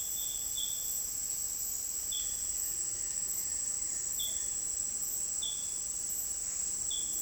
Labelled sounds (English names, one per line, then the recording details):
White-shouldered Antbird
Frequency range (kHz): White-shouldered Antbird 1.5-2.5 kHz
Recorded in dense forest near Puerto Asís, Putumayo, Colombia, on 19 February 2024 at 08:30
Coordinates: 0.485, -76.318
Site G6408